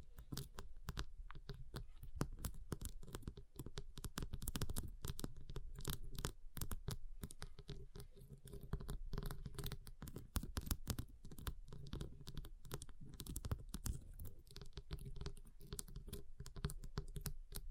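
Ice being tapped, scratched and carved, with rapid, irregular clicks and scrapes packed densely throughout the eighteen seconds. The hits are sharp and bright, over a low steady rumble, with short scraping runs between bursts of tapping and no real pauses.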